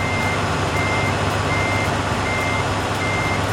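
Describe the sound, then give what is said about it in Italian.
A Lego truck reverses with steady, repeating backup beeps sounding over a loud, constant engine rumble, with no one talking. “Ma che ci fa qui il camion della Lego?”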